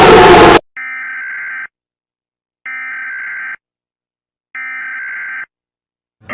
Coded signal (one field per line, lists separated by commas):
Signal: Emergency Alert System (SAME) tones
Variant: header bursts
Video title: (LOUD WARNING ⚠️) 6 New EAS Alarm Requested By @CesarRiveran-7f (REUPLOAD)